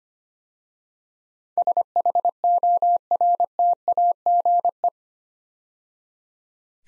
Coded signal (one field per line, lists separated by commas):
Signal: Morse code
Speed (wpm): 25 wpm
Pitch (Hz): 700 Hz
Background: none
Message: SHORTAGE